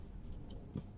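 A plastic fog light wiring connector is handled by hand near the fog lamp socket while the front panel of a Smart car is refitted after a cabin filter change. Faint handling noises are heard, with a small tap near 0.5 s and a louder sharp knock at the very end. Nothing has seated or clicked yet.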